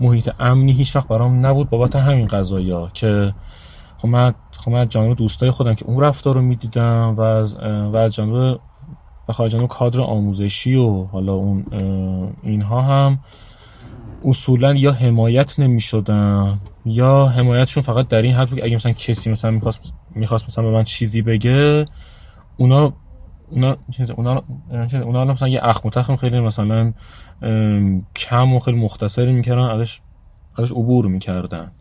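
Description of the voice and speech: An adult man speaks Persian with a stutter that has been present since childhood: repeated words and sound prolongations, with frequent blocked pauses.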